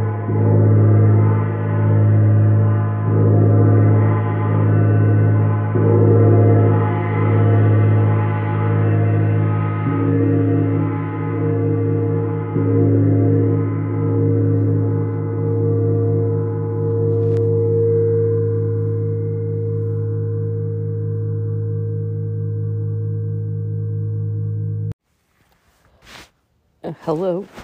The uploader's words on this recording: Jupiter, Chiron, Neptune and Sidereal Moon Gong. Four different planetary Gongs played.